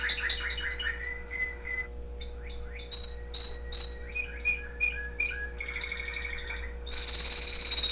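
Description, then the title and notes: Canary song: rapid varied chirps and trills with high whistled notes, ending in a long sustained high whistle, over a steady low hum. The owner's own canary. "mi canario. musica de fondo"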